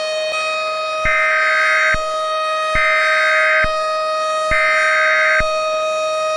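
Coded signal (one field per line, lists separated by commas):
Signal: Emergency Alert System (SAME) tones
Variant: header bursts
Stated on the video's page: Simulated EAS scenario, not a real alert.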